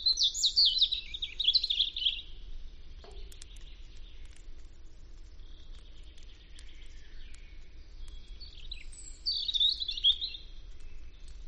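European robin song, two bursts of high tinkling, warbling notes separated by several seconds of quieter thin phrases, with a faint low hum beneath.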